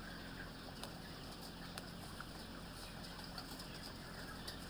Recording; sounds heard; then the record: poultry house recording; healthy chickens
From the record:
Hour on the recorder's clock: 15